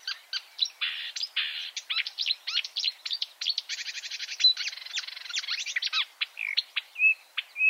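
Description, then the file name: Marsh warbler singing a hurried, jumbled medley of high chirps, rattles and buzzy trills, closing with a few clear whistled notes. "suara-kicauan-burung-marsh-warbler -omkicau"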